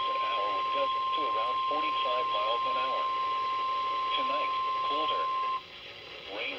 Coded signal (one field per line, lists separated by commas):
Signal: Emergency Alert System (SAME) tones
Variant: 1050 Hz attention tone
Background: speech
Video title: 2021 Goes and 2022 Begins | (EAS 232 - 274)